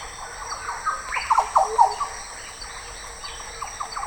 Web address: voix doiseaux loriot des paletuviers oriolus flavocinctus